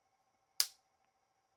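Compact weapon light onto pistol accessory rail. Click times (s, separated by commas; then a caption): 0.6 s. An Olight PL-Mini Valkyrie 2 compact weapon light is pushed onto the accessory rail of a Novritsch SSP5 airsoft pistol, and its latch closes with one sharp click at 0.6 s over a faint steady hum. The light is seated and the mount is rock solid.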